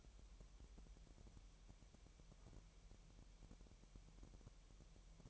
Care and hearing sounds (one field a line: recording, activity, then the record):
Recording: daily activity, microphone in the room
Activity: wipe stove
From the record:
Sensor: 1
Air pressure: 1001.0 hPa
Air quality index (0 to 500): 249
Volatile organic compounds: 150 ppm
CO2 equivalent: 4024 ppm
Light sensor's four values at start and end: 13/30/12/14 and 13/30/12/14